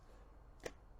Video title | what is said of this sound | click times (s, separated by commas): Dyson Corrale hair straightener (gift edition) - Unboxing and First Impressions | that flips to lock it in place | 0.7 s